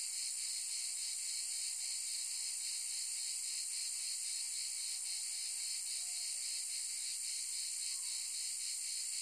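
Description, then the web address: Cicada buzzing continuously in a high, dense sound with slight pulsations; a couple of faint whistled notes occur in the second half. "son cigales"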